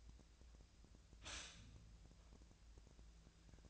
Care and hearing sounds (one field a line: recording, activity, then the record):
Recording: daily activity, microphone in the room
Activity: stop toaster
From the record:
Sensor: 2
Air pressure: 1009.2 hPa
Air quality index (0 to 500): 187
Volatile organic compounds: 11 ppm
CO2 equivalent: 2318 ppm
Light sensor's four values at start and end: 23/58/24/27 and 23/58/24/27